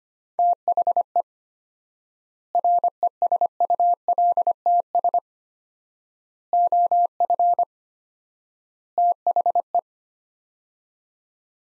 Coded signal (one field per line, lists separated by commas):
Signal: Morse code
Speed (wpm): 25 wpm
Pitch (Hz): 700 Hz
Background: none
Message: THE RESULTS OF THE